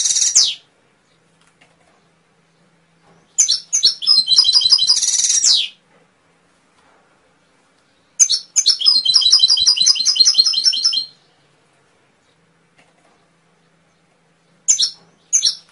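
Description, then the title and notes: Atlantic canary pouring out long phrases of fast repeated chirps and trills, some ending in buzzy rattles, with quiet gaps between bursts. Canary song, used as masteran training audio for songbirds. "PANCINGAN SUARA MASTERAN KENARI. masteran kicau kenari"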